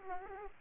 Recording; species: mosquito wingbeat signal from an infrared sensor; Aedes aegypti